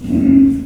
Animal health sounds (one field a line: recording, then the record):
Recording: squeal of a Yucatan mini pig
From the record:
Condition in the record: after surgery on the right vocal fold (resection and tissue-engineered implant)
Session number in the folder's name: 5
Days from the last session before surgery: 33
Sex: female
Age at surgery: 19 weeks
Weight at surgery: 25 kg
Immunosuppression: prednisolone